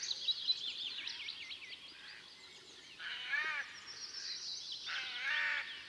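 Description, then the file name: Eurasian jay giving two rasping screeches a couple of seconds apart, preceded by a small bird's quick warbling phrases and accompanied by high background chirping. "Garrulus glandarius"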